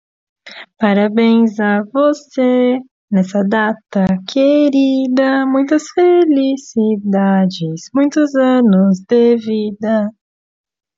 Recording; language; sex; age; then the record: short text; Brazilian Portuguese; female; 20 to 29 years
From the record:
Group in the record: control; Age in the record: 21 years